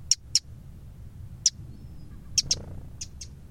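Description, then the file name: Eurasian wren giving sharp, dry ticking calls, single and paired clicks scattered irregularly across a few seconds over a faint low background rumble. "Troglodytes troglodytes"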